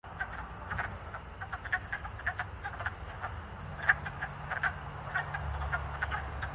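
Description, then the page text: Chorus of wood frogs giving rapid, hoarse clucking croaks that overlap in loose bursts, with a constant low hum underneath. Recorded in Maryland. "Wood Frog by timboucher via iNaturalist"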